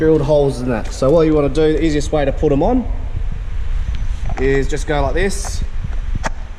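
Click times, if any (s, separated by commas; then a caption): 6.3 s. A plastic wheel cover with small locating points is pressed onto the pre-drilled wheel of a ride-on toy car while someone talks. A short, sharp click at 6.3 s marks the cover seating into place.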